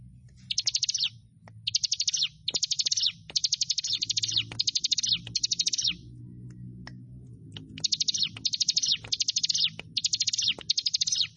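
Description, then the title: Bar-winged prinia repeating brief high, rattling phrases, pausing once midway before resuming, over a steady low hum. "Ciblek Sawah 1"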